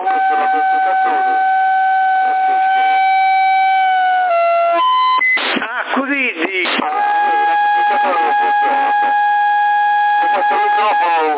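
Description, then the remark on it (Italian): A thin, steady little horn-like tone drones through a tinny, band-limited CB radio transmission. It steps down in pitch and warbles briefly midway, with voices talking underneath. “cos'è questa trombetta?”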